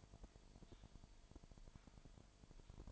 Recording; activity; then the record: daily activity, microphone in the room; typing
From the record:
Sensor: 5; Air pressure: 1002.1 hPa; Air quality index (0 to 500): 228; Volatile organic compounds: 30 ppm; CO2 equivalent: 2960 ppm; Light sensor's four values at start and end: 10/24/10/11 and 10/24/10/11